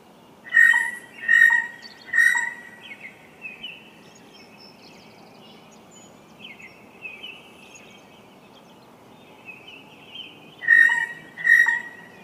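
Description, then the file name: Blue jay calls: three loud, ringing notes in quick succession, a long pause with faint chirps from other birds, then two more matching notes. "Blue Jay - Cyanocitta cristata"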